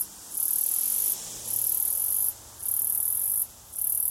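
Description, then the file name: Cicada call: very high, hissing buzz in four bursts of about a second each, separated by brief pauses. Australia. "INSECT AUS CICADA"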